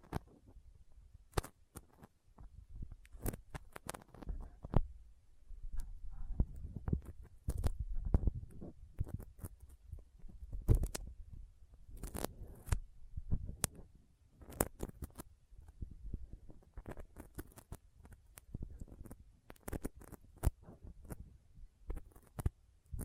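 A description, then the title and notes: Sticky fingers tap, press and peel apart in a busy, irregular stream of small clicks and tacky pops. Sharp snaps stand out every second or so, especially near 1, 3, 11 and 15 seconds, over a soft low rumble that swells and fades. ASMR Intense Sticky Finger Sounds (No Talking).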